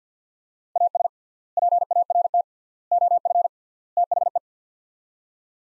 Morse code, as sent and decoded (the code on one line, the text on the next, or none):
.- ... / .--. .- .-. - / --- ..-. / - .... .
AS PART OF THE